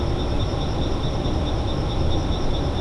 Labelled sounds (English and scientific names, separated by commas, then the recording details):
Great Tit (Parus major)
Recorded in Germany
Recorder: ecoPi